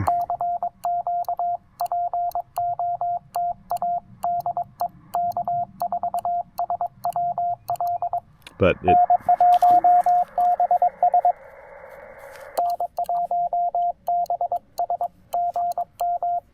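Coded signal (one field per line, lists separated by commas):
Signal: Morse code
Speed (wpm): 22 wpm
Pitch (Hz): 700 Hz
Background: speech, radio noise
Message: CQ POTA DE K4SWL N1BS N1BS GM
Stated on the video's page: QRP Parks on the Air activation with a Penntek TR-45L transceiver, Elecraft AX3 antenna and Begali Traveler Morse key.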